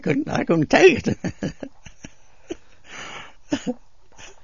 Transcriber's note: he laughs